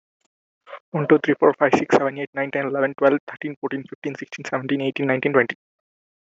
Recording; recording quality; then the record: counting at a fast pace; excellent, no background noise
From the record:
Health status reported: healthy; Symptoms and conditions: none ticked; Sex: male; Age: 26 years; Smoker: not ticked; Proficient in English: yes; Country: India